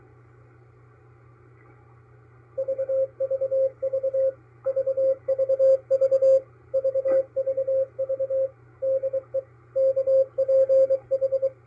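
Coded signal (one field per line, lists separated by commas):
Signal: Morse code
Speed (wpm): 23 wpm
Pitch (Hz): 530 Hz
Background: radio noise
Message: VVV VVV VVV DE KPH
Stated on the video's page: KPH San Francisco coast station, received on a MALAHITEAM DSP-2 SDR receiver.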